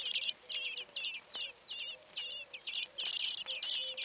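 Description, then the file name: Common blackbird call: clusters of high, slurred chink notes about twice a second, over a faint low repeated tone. "Turdus merula"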